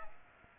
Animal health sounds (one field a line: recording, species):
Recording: mosquito wingbeat signal from an infrared sensor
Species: Aedes aegypti